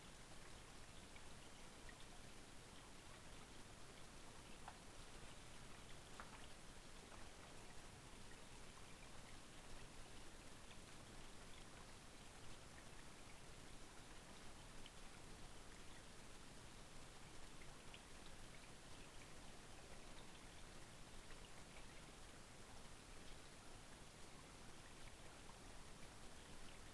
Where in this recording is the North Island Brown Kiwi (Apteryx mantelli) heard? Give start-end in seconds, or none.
none